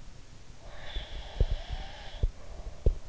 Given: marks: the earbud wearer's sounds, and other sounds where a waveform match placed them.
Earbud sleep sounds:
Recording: sounds in sleep by an in-ear microphone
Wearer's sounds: breath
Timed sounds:
0.55-3.07 s: breath
0.92-3.09 s: sound from someone else or the room

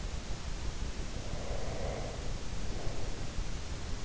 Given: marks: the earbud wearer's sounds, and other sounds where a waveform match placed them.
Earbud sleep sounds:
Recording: sounds in sleep by an in-ear microphone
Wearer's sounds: breath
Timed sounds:
1.13-3.25 s: breath

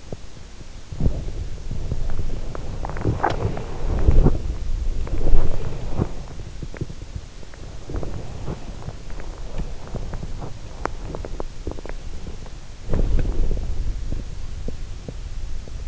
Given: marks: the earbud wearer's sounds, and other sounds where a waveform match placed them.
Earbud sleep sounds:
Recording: sounds in sleep by an in-ear microphone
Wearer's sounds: teeth grinding, body movement, breath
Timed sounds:
0.00-0.28 s: teeth grinding
0.79-15.87 s: body movement
5.15-6.19 s: breath
7.95-8.87 s: breath

